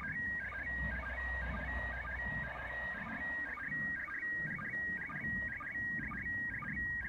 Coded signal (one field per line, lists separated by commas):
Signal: SSTV (slow-scan television)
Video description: International Space Station sstv captured with radioscanner and Robot36 app on tablet.